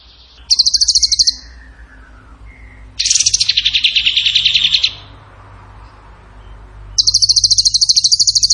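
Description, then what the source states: Bird song in rapid, high buzzy trill bursts, the middle burst harsher and broader, separated by short pauses with faint softer whistles. Masteran training recording of bird song in tembakan gacor style.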